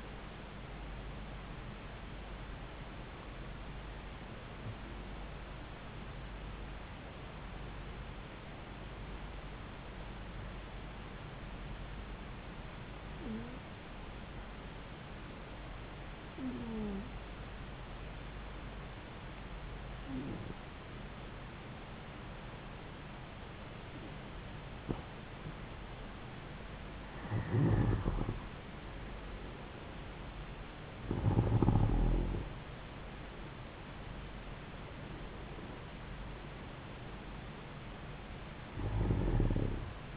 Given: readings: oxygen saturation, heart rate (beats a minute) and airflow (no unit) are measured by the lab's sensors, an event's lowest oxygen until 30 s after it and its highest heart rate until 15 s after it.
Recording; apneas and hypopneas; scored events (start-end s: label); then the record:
breathing in sleep by a voice recorder at the bedside; 1
9.00-28.70 s: hypopnea (N2, oxygen 95% highest, then 90% lowest)
From the record:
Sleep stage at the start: N2 (light sleep); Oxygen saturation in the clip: 91 to 95%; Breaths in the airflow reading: 10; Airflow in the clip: -4.8 to 6.7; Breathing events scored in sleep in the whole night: 270 in 6.1 hours asleep